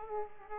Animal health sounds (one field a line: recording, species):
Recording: mosquito wingbeat signal from an infrared sensor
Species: Aedes aegypti